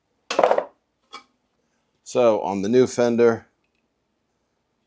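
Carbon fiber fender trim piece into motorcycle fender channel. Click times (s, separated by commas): 0.3 s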